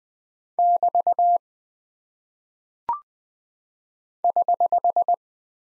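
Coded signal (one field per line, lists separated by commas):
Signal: Morse code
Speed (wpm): 20 wpm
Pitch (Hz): 700 Hz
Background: none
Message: <BT> <HH>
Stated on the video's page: Morse practice at 20 wpm of punctuation and prosign characters, each sent, spoken, then sent again for head-copy.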